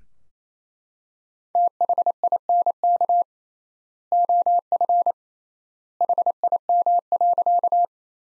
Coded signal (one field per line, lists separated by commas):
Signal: Morse code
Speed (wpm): 28 wpm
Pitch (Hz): 700 Hz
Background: none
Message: THINK OF HIM.